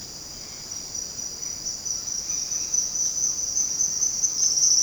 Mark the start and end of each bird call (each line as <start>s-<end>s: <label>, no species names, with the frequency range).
0.28s-2.75s: bird call (1.8-3.8 kHz)